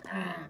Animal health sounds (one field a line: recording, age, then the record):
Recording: pig call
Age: piglet (1 to 25 days)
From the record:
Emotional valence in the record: negative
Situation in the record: short isolation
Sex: female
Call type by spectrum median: low-frequency call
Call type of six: low-frequency modulated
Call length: 0.50 s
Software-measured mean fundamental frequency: 87 Hz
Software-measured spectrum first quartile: 290 Hz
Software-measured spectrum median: 783 Hz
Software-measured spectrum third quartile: 1660 Hz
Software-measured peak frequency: 186 Hz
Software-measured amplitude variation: 139 dB a second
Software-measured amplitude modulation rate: 21.9 a second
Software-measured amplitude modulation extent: 6.3 dB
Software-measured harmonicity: 3.0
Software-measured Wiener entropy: -0.86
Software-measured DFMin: 479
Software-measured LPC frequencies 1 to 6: 949, 1797, 2774, 3876, 6631, 7572 Hz